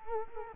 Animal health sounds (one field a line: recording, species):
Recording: mosquito wingbeat signal from an infrared sensor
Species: Culex quinquefasciatus